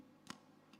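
A plastic digiscoping adapter ring mated to a phone camera is turned from the 1x/2x lens position to the 3x lens, and its small locking tab is lifted. A sharp, bright click at 0.3 s shows the ring locking into place, centered on the 3x lens. A fainter tick follows near 0.7 s.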